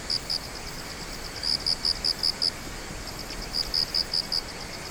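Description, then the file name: Insect song of high, pulsed chirps in quick bursts of about six notes, each burst lasting about a second, over a steady hiss. "singing of insect"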